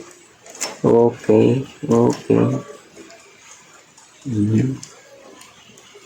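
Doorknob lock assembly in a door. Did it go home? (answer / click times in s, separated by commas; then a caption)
no / none. A replacement doorknob lock assembly is being fitted into a door, and the installer handles and works the knob mechanism while someone talks. Brief handling knocks and taps are heard around the speech. Nothing has seated or clicked yet; the lock has not locked in place.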